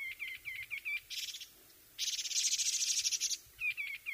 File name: 紋翼畫眉